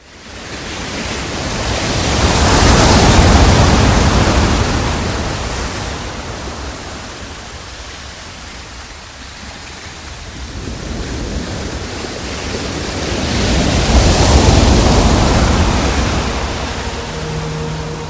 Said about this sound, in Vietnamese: Biển động, những đợt sóng dâng lên đen ngòm, cao như những ngọn núi khổng lồ, đánh sập tất cả các cột buồm. Từng miếng dán dày hai bên mạn thuyền lần lượt vỡ tung ra sau những cơn sóng hung hãn.